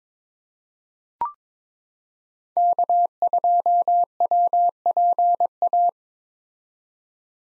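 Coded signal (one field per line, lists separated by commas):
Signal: Morse code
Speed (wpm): 22 wpm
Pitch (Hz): 700 Hz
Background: none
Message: K2WPA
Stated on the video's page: Morse code head-copy drill of common POTA activator call signs at 22 wpm, each sent, spoken, then sent again.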